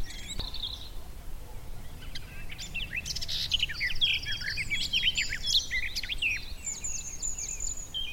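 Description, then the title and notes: Garden warbler song: a fast, continuous run of rich warbled and chattering notes, high and tumbling, with a steady low rumble beneath. Male singing in spring on a scrubby hillside with hawthorns in bloom; a migrant; described as fluted and rather frenetic; recorded by Fergus Collins. "Sound escape 65: be enchanted by the little-known song of the garden warbler. the scrubby hillside hawthorns burst into bloom. a male garden warbler into his fluted song. Recorded by Fergus Collins"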